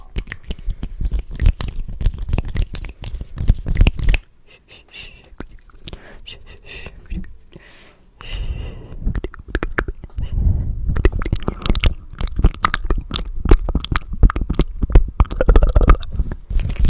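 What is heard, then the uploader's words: Fast, aggressive wet and dry mouth sounds in dense crackling bursts, pausing into softer smacks around four to eight seconds, then resuming. Fast & Aggressive Wet and Dry Mouth Sounds & Hand Sounds.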